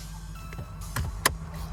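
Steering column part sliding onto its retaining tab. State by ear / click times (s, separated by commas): seated / 1.3 s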